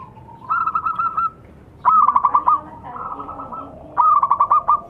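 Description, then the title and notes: Zebra dove song, four bursts of quick bubbly cooing notes, the louder phrases opening with a stronger accented coo and then rattling on at an even pitch. Zebra dove actively singing. "Pancingan Perkutut Durasi Panjang. Suara Burung Perkutut Gacor"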